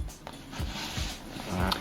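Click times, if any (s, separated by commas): 1.7 s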